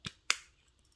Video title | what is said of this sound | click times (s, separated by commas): DIY DAMI #1: VHS TAPE REPAIR | press down and snap right into place. | 0.3 s